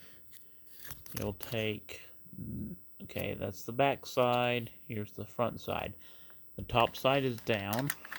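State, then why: Not seated. Someone talks while handling a plastic body section of a 1:32 scale toy 1973 Ford Bronco, turning it top side down to press it back into the model's body. Two faint ticks are heard near 0.4 s and 0.9 s. Nothing has snapped into place yet by the end of the clip.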